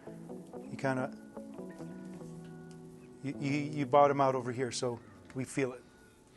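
An interchangeable tip is being handled at the jaw of a pair of pliers, ready to be pushed in until it locks, while someone talks over background music. Two faint brief sounds come at about 1.4 s and 2.7 s. Nothing has seated or clicked yet.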